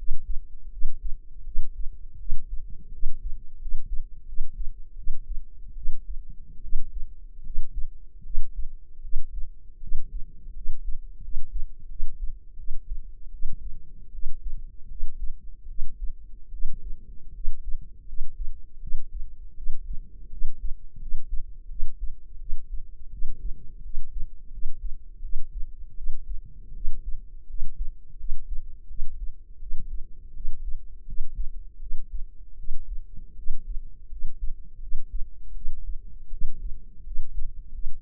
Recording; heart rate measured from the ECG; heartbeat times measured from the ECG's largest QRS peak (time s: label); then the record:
heart sounds by microphone in the left ear; 81 bpm
0.68 s: heartbeat
1.42 s: heartbeat
2.15 s: heartbeat
2.89 s: heartbeat
3.56 s: heartbeat
4.23 s: heartbeat
4.93 s: heartbeat
5.72 s: heartbeat
6.59 s: heartbeat
7.41 s: heartbeat
8.21 s: heartbeat
8.99 s: heartbeat
9.78 s: heartbeat
10.51 s: heartbeat
11.19 s: heartbeat
11.86 s: heartbeat
12.54 s: heartbeat
13.28 s: heartbeat
14.09 s: heartbeat
14.86 s: heartbeat
15.65 s: heartbeat
16.48 s: heartbeat
17.30 s: heartbeat
18.04 s: heartbeat
18.78 s: heartbeat
19.53 s: heartbeat
20.27 s: heartbeat
20.97 s: heartbeat
21.66 s: heartbeat
22.36 s: heartbeat
23.08 s: heartbeat
23.80 s: heartbeat
24.48 s: heartbeat
25.19 s: heartbeat
25.93 s: heartbeat
26.71 s: heartbeat
27.45 s: heartbeat
28.15 s: heartbeat
28.85 s: heartbeat
29.57 s: heartbeat
30.31 s: heartbeat
31.03 s: heartbeat
31.77 s: heartbeat
32.54 s: heartbeat
33.33 s: heartbeat
34.07 s: heartbeat
34.78 s: heartbeat
35.51 s: heartbeat
36.28 s: heartbeat
37.01 s: heartbeat
37.69 s: heartbeat
From the record:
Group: healthy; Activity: cold pressor test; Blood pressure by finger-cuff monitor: 120/70 mmHg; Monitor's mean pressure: 89 mmHg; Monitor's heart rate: 81 bpm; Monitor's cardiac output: 7.1 L/min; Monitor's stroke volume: 90 mL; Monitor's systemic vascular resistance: 910 dyn s/cm5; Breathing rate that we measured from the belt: 18 breaths a minute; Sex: female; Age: 23 years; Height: 160 cm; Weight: 50.4 kg